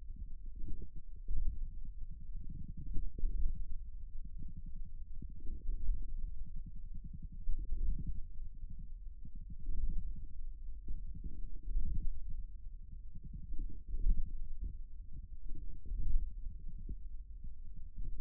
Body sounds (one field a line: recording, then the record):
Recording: forearm muscle sounds (acoustic myography)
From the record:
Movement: hand opening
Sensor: system 1, eight BSWA MPA416 microphones around the upper forearm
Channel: 8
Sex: male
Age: 41 years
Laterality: right